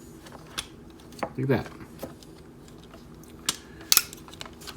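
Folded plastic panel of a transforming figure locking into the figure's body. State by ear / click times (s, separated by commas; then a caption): seated / 3.9 s. Someone talks while handling the Ocular Max PS-14 Incursus, a transforming plastic action figure, pushing its folded plastic panel together against the figure's body, with small handling clicks around 0.6, 1.2 and 3.5 seconds. A sharp plastic snap at 3.9 seconds marks the panel locking into place, seated and sitting flat.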